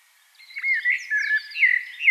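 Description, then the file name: Eurasian blackbird song: a short, mellow warbled phrase with thin higher notes. "Turdus merula"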